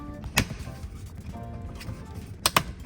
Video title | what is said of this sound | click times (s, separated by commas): Tesla Front Camera Cleaning Guide | Make sure that you hear all the 20 little clips that this has. | 0.4 s, 2.5 s, 2.6 s